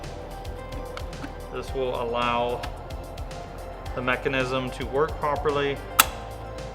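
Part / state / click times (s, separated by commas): wiring harness plug onto engine sensor connector / seated / 6.0 s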